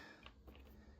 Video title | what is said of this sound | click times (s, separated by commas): Yardworks 48V Lithium Ion Max 750 CFM Brushless AeroForce 2.0 Leaf Blower (Tool Only) Unboxing | So again, you want to slide it until it clicks in. | 0.3 s, 0.6 s